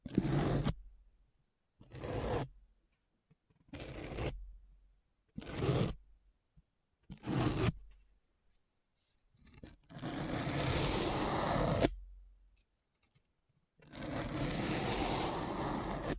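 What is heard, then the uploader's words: Deep, rough scratching comes in short strokes, about five of them in the first eight seconds, each under a second long with silence between. After a few faint ticks, longer scraping passes follow, one from about ten to twelve seconds and another from fourteen seconds to the end. ASMR Deep Brain Scratch (No Talking).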